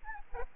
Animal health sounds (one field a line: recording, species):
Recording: mosquito wingbeat signal from an infrared sensor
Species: Aedes albopictus